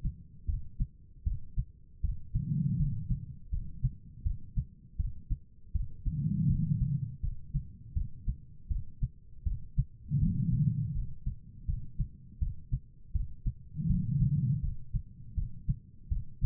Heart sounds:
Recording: heart sounds by stethoscope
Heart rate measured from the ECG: 81 bpm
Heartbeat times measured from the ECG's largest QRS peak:
0.47 s: heartbeat
1.24 s: heartbeat
2.02 s: heartbeat
2.77 s: heartbeat
3.51 s: heartbeat
4.24 s: heartbeat
4.97 s: heartbeat
5.73 s: heartbeat
6.48 s: heartbeat
7.21 s: heartbeat
7.94 s: heartbeat
8.69 s: heartbeat
9.44 s: heartbeat
10.20 s: heartbeat
10.94 s: heartbeat
11.66 s: heartbeat
12.40 s: heartbeat
13.13 s: heartbeat
13.88 s: heartbeat
14.61 s: heartbeat
15.35 s: heartbeat
16.09 s: heartbeat
From the record:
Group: healthy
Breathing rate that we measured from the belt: 16 breaths a minute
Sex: female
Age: 51 years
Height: 162 cm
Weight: 70.04 kg

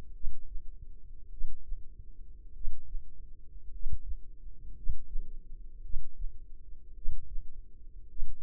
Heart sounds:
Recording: heart sounds by microphone in the left ear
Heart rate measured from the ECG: 53 bpm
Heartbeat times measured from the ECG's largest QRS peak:
0.12 s: heartbeat
1.28 s: heartbeat
2.52 s: heartbeat
3.69 s: heartbeat
4.73 s: heartbeat
5.80 s: heartbeat
6.93 s: heartbeat
8.06 s: heartbeat
From the record:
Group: healthy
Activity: rest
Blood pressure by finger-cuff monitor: 103/51 mmHg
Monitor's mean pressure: 64 mmHg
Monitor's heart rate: 51 bpm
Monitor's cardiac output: 5 L/min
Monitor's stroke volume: 91 mL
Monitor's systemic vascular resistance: 920 dyn s/cm5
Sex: male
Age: 25 years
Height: 170 cm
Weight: 70.4 kg

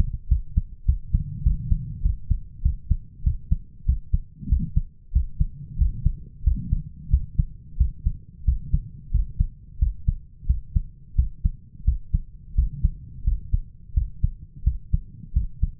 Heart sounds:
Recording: heart sounds by stethoscope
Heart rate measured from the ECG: 92 bpm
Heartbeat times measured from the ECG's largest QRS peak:
0.30 s: heartbeat
0.88 s: heartbeat
1.45 s: heartbeat
2.05 s: heartbeat
2.64 s: heartbeat
3.26 s: heartbeat
3.88 s: heartbeat
4.51 s: heartbeat
5.15 s: heartbeat
5.80 s: heartbeat
6.46 s: heartbeat
7.12 s: heartbeat
7.79 s: heartbeat
8.47 s: heartbeat
9.13 s: heartbeat
9.81 s: heartbeat
10.49 s: heartbeat
11.17 s: heartbeat
11.87 s: heartbeat
12.57 s: heartbeat
13.26 s: heartbeat
13.96 s: heartbeat
14.66 s: heartbeat
15.35 s: heartbeat
From the record:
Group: healthy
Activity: rest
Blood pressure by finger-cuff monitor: 132/81 mmHg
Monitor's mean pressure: 98 mmHg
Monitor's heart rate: 92 bpm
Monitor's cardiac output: 7.8 L/min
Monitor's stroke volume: 81 mL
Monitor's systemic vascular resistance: 960 dyn s/cm5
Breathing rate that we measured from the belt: 16 breaths a minute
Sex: male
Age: 21 years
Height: 175 cm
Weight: 72.6 kg

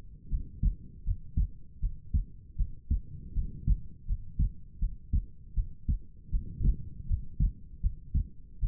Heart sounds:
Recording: heart sounds by stethoscope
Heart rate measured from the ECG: 79 bpm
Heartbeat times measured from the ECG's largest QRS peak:
0.29 s: heartbeat
1.03 s: heartbeat
1.80 s: heartbeat
2.56 s: heartbeat
3.33 s: heartbeat
4.06 s: heartbeat
4.79 s: heartbeat
5.54 s: heartbeat
6.30 s: heartbeat
7.06 s: heartbeat
7.80 s: heartbeat
8.59 s: heartbeat
From the record:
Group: healthy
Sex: female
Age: 19 years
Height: 163 cm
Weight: 48.9 kg

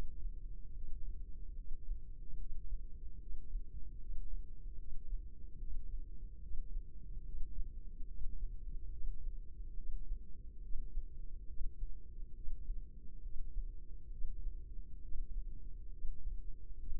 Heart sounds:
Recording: heart sounds by microphone in the left ear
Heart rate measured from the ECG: 71 bpm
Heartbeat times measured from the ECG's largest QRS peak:
0.74 s: heartbeat
1.55 s: heartbeat
2.38 s: heartbeat
3.20 s: heartbeat
3.99 s: heartbeat
4.78 s: heartbeat
5.59 s: heartbeat
6.41 s: heartbeat
7.25 s: heartbeat
8.08 s: heartbeat
8.91 s: heartbeat
9.76 s: heartbeat
10.62 s: heartbeat
11.48 s: heartbeat
12.35 s: heartbeat
13.23 s: heartbeat
14.11 s: heartbeat
15.02 s: heartbeat
15.91 s: heartbeat
16.79 s: heartbeat
From the record:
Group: healthy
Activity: breath hold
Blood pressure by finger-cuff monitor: 89/59 mmHg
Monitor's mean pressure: 65 mmHg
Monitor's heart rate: 72 bpm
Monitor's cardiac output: 5.3 L/min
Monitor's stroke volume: 73 mL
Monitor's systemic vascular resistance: 880 dyn s/cm5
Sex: female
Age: 22 years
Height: 163 cm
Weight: 67.1 kg

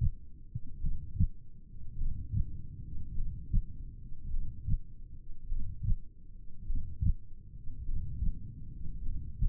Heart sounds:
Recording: heart sounds by stethoscope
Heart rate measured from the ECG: 51 bpm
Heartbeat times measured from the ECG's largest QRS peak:
0.82 s: heartbeat
1.99 s: heartbeat
3.16 s: heartbeat
4.32 s: heartbeat
5.50 s: heartbeat
6.68 s: heartbeat
7.87 s: heartbeat
9.04 s: heartbeat
From the record:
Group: heart failure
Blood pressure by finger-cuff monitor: 106/59 mmHg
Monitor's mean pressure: 75 mmHg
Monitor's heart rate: 52 bpm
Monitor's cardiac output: 4.5 L/min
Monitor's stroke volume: 88 mL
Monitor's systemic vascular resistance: 1180 dyn s/cm5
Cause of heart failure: cardiac sarcoid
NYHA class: 1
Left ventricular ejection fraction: 39%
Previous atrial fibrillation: present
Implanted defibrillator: present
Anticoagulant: apixaban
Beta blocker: carvedilol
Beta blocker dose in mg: 50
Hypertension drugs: ramipril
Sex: male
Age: 79 years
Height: 184 cm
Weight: 92.5 kg

